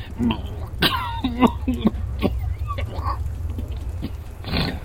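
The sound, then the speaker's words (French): A man with a cold caught the month before coughs: a series of harsh, raspy coughs and throat-clearing sounds come in irregular bursts over a low, steady rumble, with a final loud cough near the end. “Et ça vous fait tousser aussi?”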